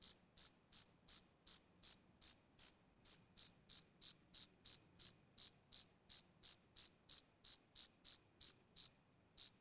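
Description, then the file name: Grasshopper chirping: short, high, buzzy pulses repeated about three times a second in a steady run, with a brief pause in the middle and near the end. "kuznechik"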